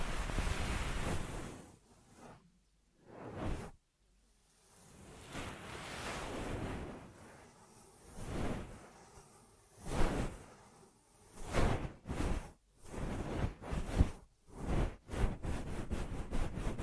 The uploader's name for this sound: Ear Massage Triggers